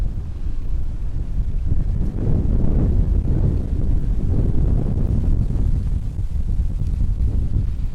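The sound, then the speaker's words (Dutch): Strong wind buffets the microphone in a steady, loud low-frequency rumble, with gusty surges and no voices throughout. “Ja, de wind is vrij hard, zoals je kan horen.”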